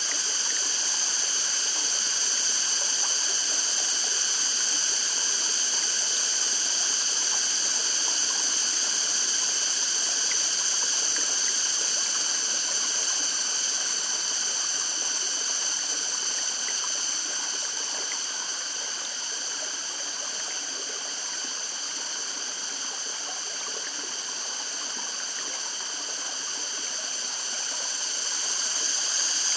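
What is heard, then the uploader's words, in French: Cicadas drone in a dense, bright, unbroken chorus over a soft rushing river, easing slightly in loudness near the end before swelling again. Cigales sur le Bokor - Cambodge. Parc National du Bokor - Cambodge. Il est 13h10 et le soleil est à son zénith, au bord d'un petit ruisseau à mille mètres d'altitude l'ombre d'une sous-bois au bord d'un petit ruisseau est rafraichissante. Le mélange subtile entre le vent qui souffle en rafales, la rivière qui s'écoule et la présence de cigales.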